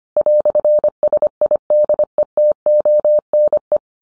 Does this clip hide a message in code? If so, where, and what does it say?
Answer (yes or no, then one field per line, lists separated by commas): yes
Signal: Morse code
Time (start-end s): 0.2-3.8 s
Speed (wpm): 25 wpm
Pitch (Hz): 600 Hz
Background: none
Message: "SIDETONE